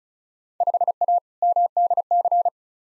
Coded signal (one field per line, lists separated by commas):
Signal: Morse code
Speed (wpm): 36 wpm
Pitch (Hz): 700 Hz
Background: none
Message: 5A MDC